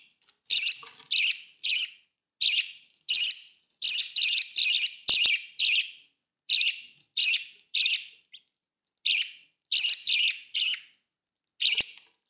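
Budgerigar calls: scratchy, buzzy squawks in uneven groups, separated by short silences.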